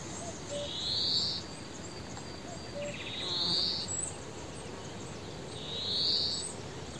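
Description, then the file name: European greenfinch giving drawn-out, buzzy wheezing notes, three in all, spaced about two and a half seconds apart, against a steady hiss of background noise. "Chloris chloris"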